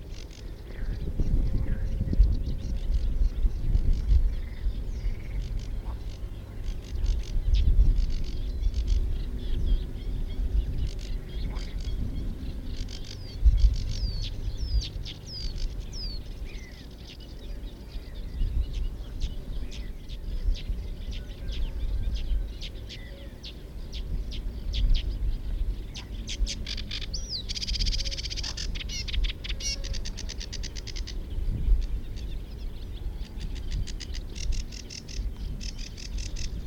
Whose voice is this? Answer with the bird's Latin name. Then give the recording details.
Acrocephalus schoenobaenus. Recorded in the wild. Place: Rietzer See, Brandenburg, DE. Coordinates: 52.37, 12.65. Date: 1968-06-16. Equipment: NAGRA III BH, Sennheiser MD21 mit Reflektor (d=75 cm, Glasfiber) und Stativ. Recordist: Schubert, Michael. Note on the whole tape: Schilfrohrsänger mit Seggen- u. Teichrohrsänger-Imitationen